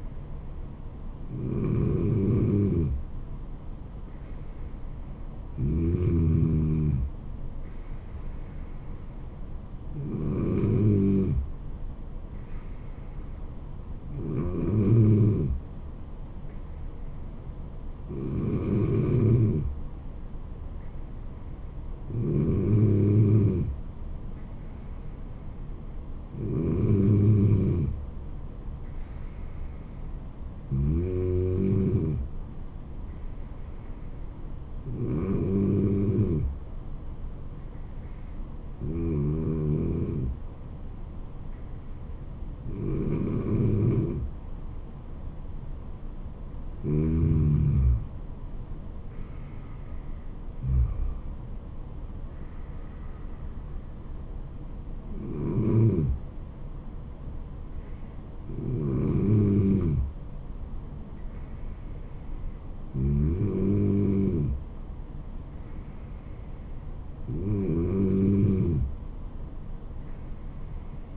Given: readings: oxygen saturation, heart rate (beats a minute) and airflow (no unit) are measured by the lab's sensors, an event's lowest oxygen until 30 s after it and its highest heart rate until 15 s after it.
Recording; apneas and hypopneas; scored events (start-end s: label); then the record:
breathing in sleep by a smartphone at the bedside; none
48.00-71.17 s: new sleep stage, N3 (deep sleep)
From the record:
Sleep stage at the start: N2 (light sleep); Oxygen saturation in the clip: 94 to 95%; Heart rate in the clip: 68 to 78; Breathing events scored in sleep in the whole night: 426 in 7.4 hours asleep